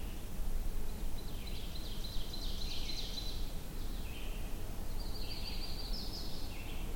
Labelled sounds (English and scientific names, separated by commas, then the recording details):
Ovenbird (Seiurus aurocapilla) song
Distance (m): 90 m
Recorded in boreal forest in Alberta, Canada, on 22 June 2016 at 08:16
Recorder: SongMeter 3, array SBT-6-76
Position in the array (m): 275 m, 105 m
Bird 1